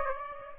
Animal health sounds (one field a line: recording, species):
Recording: mosquito wingbeat signal from an infrared sensor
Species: Aedes aegypti